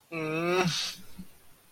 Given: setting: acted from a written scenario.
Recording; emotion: vocal sound without words; embarrassment